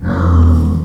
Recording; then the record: squeal of a Yucatan mini pig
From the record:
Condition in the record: after surgery on the right vocal fold (resection and tissue-engineered implant); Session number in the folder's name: 16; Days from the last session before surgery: 183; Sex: female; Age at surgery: 19 weeks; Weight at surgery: 25 kg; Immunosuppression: prednisolone